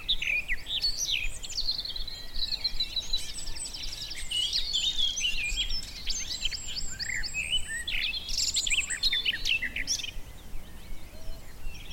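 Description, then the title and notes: Garden warbler song, a fast, continuous warbling of rich fluty and scratchy notes running for several seconds over low rumbling noise. Male garden warbler singing in spring on a scrubby hillside with hawthorns in bloom; a migrant with a fluted, rather frenetic song; recorded by Fergus Collins. "Sound escape 65: be enchanted by the little-known song of the garden warbler. the scrubby hillside hawthorns burst into bloom. a male garden warbler into his fluted song. Recorded by Fergus Collins"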